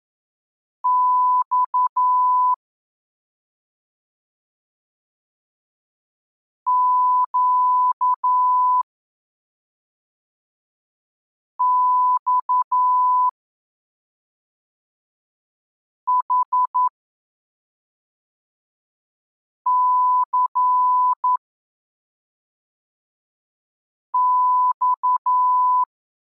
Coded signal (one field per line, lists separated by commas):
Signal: Morse code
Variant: Russian alphabet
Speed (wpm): 11 wpm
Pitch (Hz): 1000 Hz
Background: none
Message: Ь Щ Ь Х Ц Ь